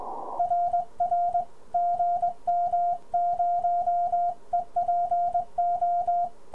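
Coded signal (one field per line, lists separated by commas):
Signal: Morse code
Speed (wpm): 20 wpm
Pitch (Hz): 700 Hz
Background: radio noise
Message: RR GM0EPO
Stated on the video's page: Begali Spark straight key.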